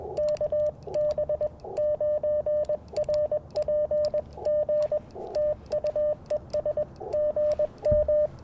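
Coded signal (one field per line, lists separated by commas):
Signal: Morse code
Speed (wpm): 21 wpm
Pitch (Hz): 590 Hz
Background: radio noise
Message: KB9RPG TUES GM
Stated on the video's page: QRP CW Parks on the Air activation sent with Bamatech TP-III paddles, Icom IC-705 and AlexLoop magnetic loop antenna.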